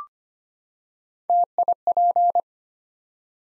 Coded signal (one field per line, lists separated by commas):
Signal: Morse code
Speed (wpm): 25 wpm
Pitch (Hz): 700 Hz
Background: none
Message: TIP